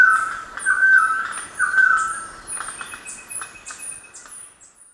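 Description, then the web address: Golden-headed quetzal gives drawn-out hollow whistles about once a second, under a steady series of high, thin insect-like or bird chirps. Recorded in Ecuador. "Natures Songs S America Birds of Ecuador Golden-headed Quetzal"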